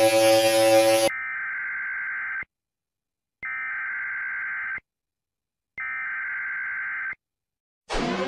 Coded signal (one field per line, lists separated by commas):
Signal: Emergency Alert System (SAME) tones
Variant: header bursts